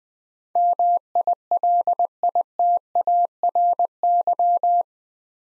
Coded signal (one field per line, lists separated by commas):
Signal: Morse code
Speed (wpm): 21 wpm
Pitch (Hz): 700 Hz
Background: none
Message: MILITARY